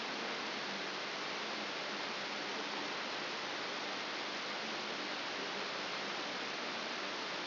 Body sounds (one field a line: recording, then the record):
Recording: brain microelectrode recording played as sound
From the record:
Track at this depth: inside the subthalamic nucleus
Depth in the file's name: 1.505 mm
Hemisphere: left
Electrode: 3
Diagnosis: Parkinson's disease